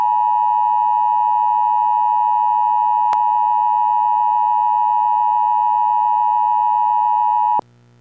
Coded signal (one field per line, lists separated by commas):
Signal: Emergency Alert System (SAME) tones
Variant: 853 and 960 Hz attention tone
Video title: EAS SEVERE THUNDERSTORM WATCH 124 FOR IOWA